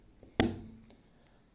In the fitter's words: There you can see it clicked in and it's connected to it.